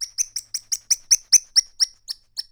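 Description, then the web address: Bird calls, a rapid series of about twelve sharp, high chirps, slightly fading toward the end, on a silent background. "Voice Crystal - Steve Reid Definitive Percussion BIRD CALLS"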